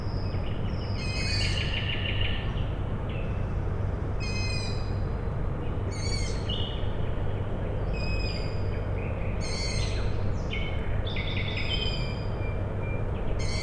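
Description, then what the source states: Owl chicks repeat raspy, squeaky calls at irregular short intervals while a constant low industrial drone fills the background. Owl chicks calling at night, Tuesday 21 May 2019, Michałkowice Plac Sportowy, Siemianowice Śląskie, Poland; industrial plant in background; recorded with Zoom H5 and Audio-Technica BP4025.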